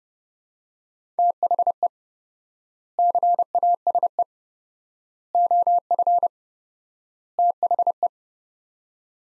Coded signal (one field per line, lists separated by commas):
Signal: Morse code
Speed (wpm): 30 wpm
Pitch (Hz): 700 Hz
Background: none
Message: THE CASE OF THE